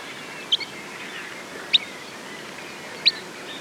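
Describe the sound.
Sanderling calls: three short, piercing high notes spaced over a few seconds, the first doubled, against an even background rush.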